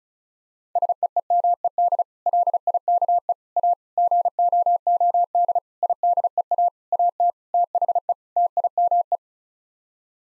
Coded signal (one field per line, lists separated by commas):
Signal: Morse code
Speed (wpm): 36 wpm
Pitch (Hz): 700 Hz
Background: none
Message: SEEMED LIKE A GOOD IDEA AT THE TIME